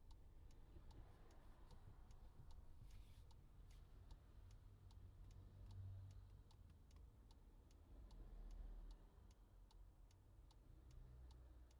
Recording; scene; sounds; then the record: everyday scene through a hearing-aid microphone; in a vehicle; engine idling, traffic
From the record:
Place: Skoda Fabia, gasoline engine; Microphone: in the ear canal, left